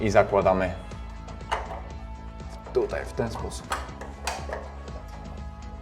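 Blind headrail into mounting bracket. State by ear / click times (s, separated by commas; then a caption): seated / 4.0 s, 4.3 s, 4.5 s. A 50 mm PVC venetian blind headrail is pushed onto its wall or frame mounting brackets while someone talks over background music. Sharp clicks at 4.0, 4.3 and 4.5 seconds mark the headrail snapping into the brackets, and it is seated.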